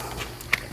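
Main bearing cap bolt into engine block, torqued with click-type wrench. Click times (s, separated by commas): 0.5 s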